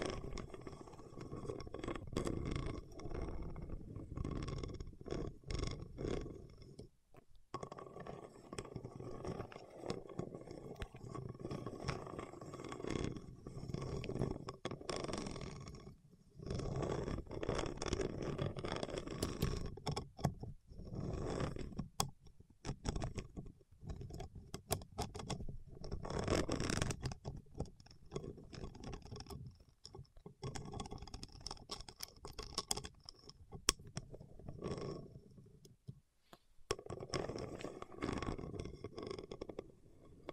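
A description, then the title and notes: Fingertips work over wax in a dense, continuous rubbing and scraping, thick in the low and middle range with thin crackly detail above. The texture churns unevenly, broken by brief silent pauses near 7, 16, 20 and 36 seconds. ASMR with Wax Fingertips for Sleep (No Talking).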